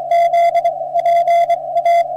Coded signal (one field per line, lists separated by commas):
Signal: Morse code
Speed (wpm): 20 wpm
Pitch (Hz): 680 Hz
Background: music, radio noise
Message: Z P A